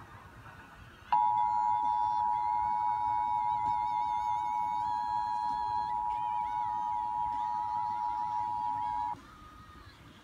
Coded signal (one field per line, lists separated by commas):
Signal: Emergency Alert System (SAME) tones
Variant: 853 and 960 Hz attention tone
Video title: NJ Required Monthly Test (6/19/19)